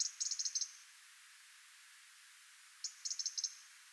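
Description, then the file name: European robin ticking, a quick string of high clicks at the start, then a second similar burst after a gap of about two seconds. "Erithacus rubecula"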